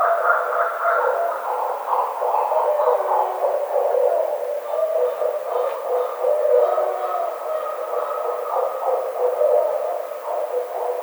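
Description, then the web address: Barred owl calls in a dense, continuous jumble of low hoots and wavering notes, loud and busy throughout with little pause. Recorded 9 April 2009. "Barred Owl 2009 04 09"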